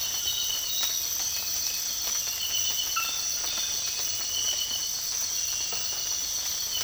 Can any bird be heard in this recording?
no